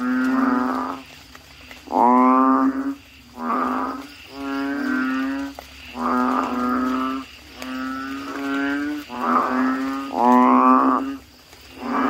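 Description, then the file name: Frog giving nasal, droning croaks, each about a second long, repeated roughly every one to two seconds with short quiet gaps. "suara kodok bangkong"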